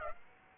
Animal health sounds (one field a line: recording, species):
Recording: mosquito wingbeat signal from an infrared sensor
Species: Aedes aegypti